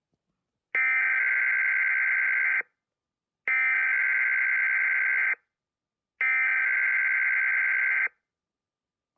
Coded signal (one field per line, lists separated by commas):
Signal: Emergency Alert System (SAME) tones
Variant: header bursts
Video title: [THIS IS SCARY AS FREAK] Leni Loud Reacting To: EAS Scenario: The Grieving (Pt. 1)